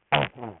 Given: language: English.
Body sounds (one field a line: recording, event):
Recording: throat vibration sensor signal played as sound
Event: throat clearing